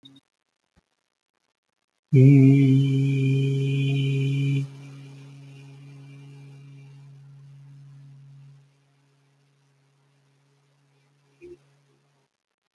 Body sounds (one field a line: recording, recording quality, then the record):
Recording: sustained vowel as in beet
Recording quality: excellent, no background noise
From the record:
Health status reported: healthy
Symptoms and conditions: none ticked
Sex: male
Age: 37 years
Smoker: yes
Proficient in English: yes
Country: India